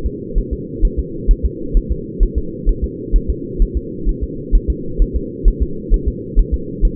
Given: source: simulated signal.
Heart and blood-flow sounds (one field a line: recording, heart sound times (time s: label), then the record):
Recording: fetal heart sounds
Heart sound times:
0.06 s: S2
0.38 s: S1
0.53 s: S2
0.85 s: S1
0.99 s: S2
1.31 s: S1
1.45 s: S2
1.77 s: S1
1.91 s: S2
2.23 s: S1
2.38 s: S2
2.69 s: S1
2.84 s: S2
3.16 s: S1
3.30 s: S2
3.62 s: S1
3.77 s: S2
4.09 s: S1
4.23 s: S2
4.55 s: S1
4.70 s: S2
5.02 s: S1
5.16 s: S2
5.48 s: S1
5.62 s: S2
5.94 s: S1
6.08 s: S2
6.39 s: S1
6.54 s: S2
6.85 s: S1
From the record:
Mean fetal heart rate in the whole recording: 130 bpm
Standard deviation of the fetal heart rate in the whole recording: 4 bpm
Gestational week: 38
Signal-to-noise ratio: -4.3 dB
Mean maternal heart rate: 72 bpm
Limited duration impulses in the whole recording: absent